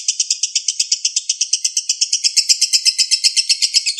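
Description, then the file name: Lovebird trilling: shrill rasping notes pulsed rapidly in a steady, unbroken run. Long trill, a song style locally called ngekek panjang. "ngekek panjang lovebird kusumo"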